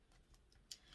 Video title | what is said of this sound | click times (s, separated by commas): Geode Coaster With Holder Tutorial | and it makes a clicking noise and as you can see | 0.7 s